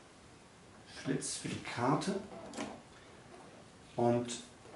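An SD memory card is pushed into the front card slot of a Rollei PDF-S 330 Pro photo/slide film scanner while someone talks. The card is being handled and has not latched in yet; nothing has seated or clicked.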